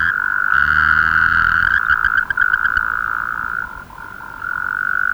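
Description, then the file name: Taipei tree frog giving a harsh, rasping croak over a second long, then quicker pulsed notes, set against a steady continuous high tone. "Rhacophorus taipeianus"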